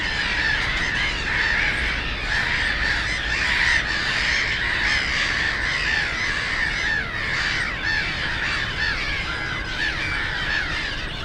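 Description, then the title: Black-headed gulls calling in a loud, raucous chorus of grating screeches over low traffic noise. Many black-headed gulls, loudest of plentiful birds on ponds of a former coal-mining area, Frog Ponds nature complex, Bytom, Poland; DK79 road and railway noise; recorded with Zoom F4 and AT BP4025. "Żabie Doły, Bytom, Polska - Black-headed gulls at Frog Ponds complex"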